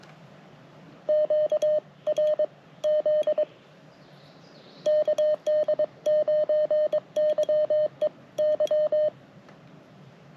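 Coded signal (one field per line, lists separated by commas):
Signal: Morse code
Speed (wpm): 22 wpm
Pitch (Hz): 590 Hz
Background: none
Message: QRZ KD9YEY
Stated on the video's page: Attempted CW park activation during a bicycle trip with broken equipment; the activation failed.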